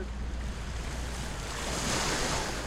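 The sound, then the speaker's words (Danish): Sea waves wash onto the shore, carrying away a thrown stick, in a steady, broad rushing hiss that swells louder toward the end, with a low rumble beneath and no voices. “Jo, nu kommer vandet og tager den.”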